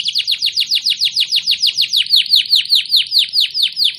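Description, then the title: Canary singing a steady, rapid series of bright, falling high-pitched notes, with faint low background noise. Canary (kenari) singing in a long rolling style described as gacor, ngotot and roll panjang. "LANGSUNG NYAUT GACOR DOR Kenari Manasaja, Dengan Kicau Kenari GACOR NGOTOT ROLL PANJANG"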